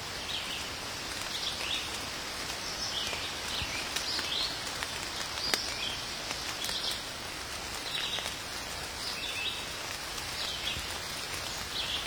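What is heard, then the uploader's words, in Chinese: Rain falls in a steady, even patter, with sharp drips landing now and then, one louder tap near the middle. Above it, a bird repeats short bright chirps every second or so throughout. 阵阵雨声。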